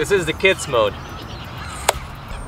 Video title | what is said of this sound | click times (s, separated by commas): MiniMotors Speedway Mini 4 Pro Review - Fastest Light Commuter Kickscooter! (45 km/h & 17kg) | full link mechanism is also really easy to use you just press with your foot here and it pulls and it locks | 1.9 s